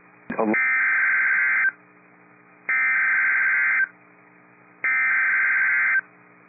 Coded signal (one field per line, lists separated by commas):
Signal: Emergency Alert System (SAME) tones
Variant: header bursts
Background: speech